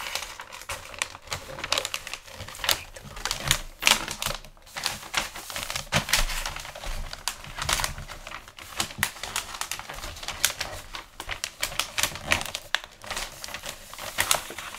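Gift wrapping with dense, irregular crinkling of paper, broken by sharp clicks and snaps that the ear could take for typing. Bursts come every second or so, with brief louder rustles near 4, 6 and 8 seconds and short quiet gaps between.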